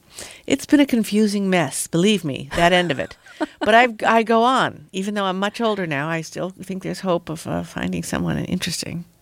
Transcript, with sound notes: But it's been a confusing mess, believe me, that end of it.
(Laughter).
But I go on. Even though I'm much older now, I still think there's hope of finding someone interesting.